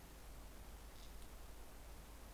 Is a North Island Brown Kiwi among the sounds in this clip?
no